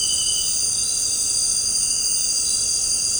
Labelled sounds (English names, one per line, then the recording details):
none
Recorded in dense forest near Puerto Asís, Putumayo, Colombia, on 13 March 2025 at 18:30
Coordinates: 0.467, -76.328
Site G041